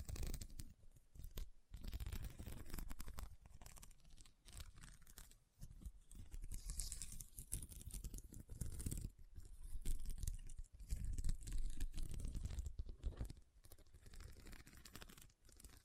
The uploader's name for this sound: RHINESTONE Tapping & Scratching Sounds